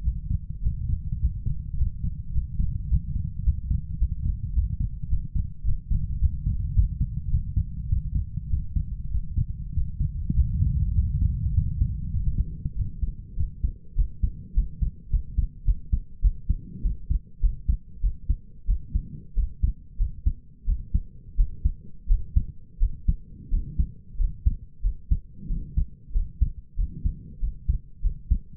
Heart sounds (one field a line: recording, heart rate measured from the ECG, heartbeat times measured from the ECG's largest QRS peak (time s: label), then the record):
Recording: heart sounds by stethoscope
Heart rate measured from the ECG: 99 bpm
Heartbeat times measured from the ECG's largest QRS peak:
0.03 s: heartbeat
0.61 s: heartbeat
1.19 s: heartbeat
1.76 s: heartbeat
2.32 s: heartbeat
2.88 s: heartbeat
3.43 s: heartbeat
3.98 s: heartbeat
4.53 s: heartbeat
5.08 s: heartbeat
5.63 s: heartbeat
6.19 s: heartbeat
6.73 s: heartbeat
7.30 s: heartbeat
7.88 s: heartbeat
8.49 s: heartbeat
9.10 s: heartbeat
9.73 s: heartbeat
10.33 s: heartbeat
10.94 s: heartbeat
11.53 s: heartbeat
12.13 s: heartbeat
12.75 s: heartbeat
13.36 s: heartbeat
13.95 s: heartbeat
14.54 s: heartbeat
15.10 s: heartbeat
15.65 s: heartbeat
16.21 s: heartbeat
16.82 s: heartbeat
17.41 s: heartbeat
18.01 s: heartbeat
18.67 s: heartbeat
19.35 s: heartbeat
19.98 s: heartbeat
20.66 s: heartbeat
21.36 s: heartbeat
22.07 s: heartbeat
22.79 s: heartbeat
23.50 s: heartbeat
24.17 s: heartbeat
24.82 s: heartbeat
25.48 s: heartbeat
26.12 s: heartbeat
26.76 s: heartbeat
27.40 s: heartbeat
28.02 s: heartbeat
From the record:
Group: healthy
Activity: Valsalva maneuver 0-12 s, rest 12-29 s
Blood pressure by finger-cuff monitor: 109/67 mmHg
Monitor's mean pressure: 81 mmHg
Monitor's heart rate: 98 bpm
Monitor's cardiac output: 6.4 L/min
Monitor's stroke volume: 68 mL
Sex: male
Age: 22 years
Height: 181 cm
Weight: 60 kg